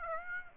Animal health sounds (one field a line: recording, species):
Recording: mosquito wingbeat signal from an infrared sensor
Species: Aedes aegypti